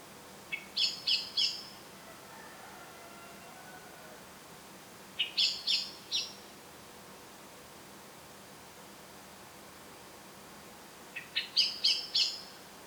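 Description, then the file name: Eurasian blackbird calling in short clusters of sharp, high chinks, each group starting with a lower note, spaced several seconds apart. "Turdus merula"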